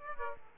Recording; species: mosquito wingbeat signal from an infrared sensor; Aedes aegypti